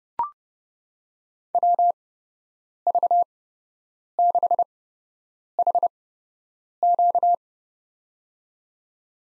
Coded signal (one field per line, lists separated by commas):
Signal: Morse code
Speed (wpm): 32 wpm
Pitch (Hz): 700 Hz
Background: none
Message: WV6HQ